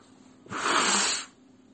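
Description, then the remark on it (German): A single loud, breathy honk of someone blowing their nose, a rough hissing burst lasting just under a second before trailing off into quiet. “So, ich muss mal eben die Nase putzen nochmal hier.”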